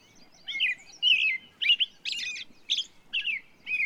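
Bird song, a lively run of short varied warbled phrases, chirpy and slurred, about seven bursts in four seconds.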